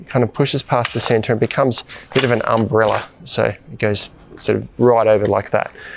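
The central locking hub of a BlackWolf Quick Fold Lightweight Chair frame is handled as the frame is inverted like an umbrella until it pushes past centre. Someone talks throughout, with faint handling noise underneath. Nothing has seated or clicked yet; the button on the bottom of the hub has not locked.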